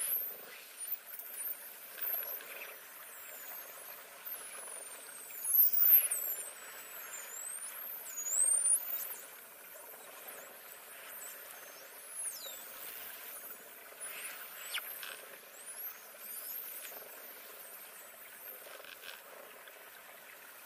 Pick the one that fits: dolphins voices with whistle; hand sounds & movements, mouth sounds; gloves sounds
dolphins voices with whistle